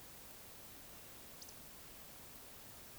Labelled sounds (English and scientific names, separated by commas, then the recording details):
Eurasian Woodcock (Scolopax rusticola) whistle
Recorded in Baden-Württemberg, Germany, on 20 May 2021 at 19:44 UTC
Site 24606, 635 m above sea level